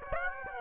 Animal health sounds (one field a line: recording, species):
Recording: mosquito wingbeat signal from an infrared sensor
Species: Aedes aegypti